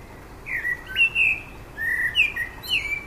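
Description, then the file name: Common blackbird song: a run of clear fluty whistled notes, several short slurred phrases in quick succession with a few thin high squeaky notes. "Turdus merula"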